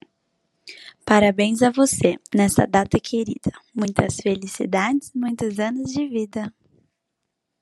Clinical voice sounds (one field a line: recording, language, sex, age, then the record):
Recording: short text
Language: Brazilian Portuguese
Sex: female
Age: 20 to 29 years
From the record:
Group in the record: control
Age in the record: 27 years